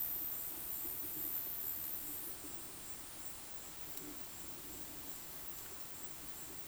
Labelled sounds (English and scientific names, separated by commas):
none